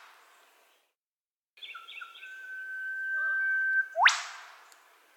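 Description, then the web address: Eastern whipbird call: a long steady whistle with a few brief notes before it, ending in a sharp upward whip-crack snap, then quiet. Australian native bird; call sequence. "Foundation Updates Bird Eastern Whipbird B sequence"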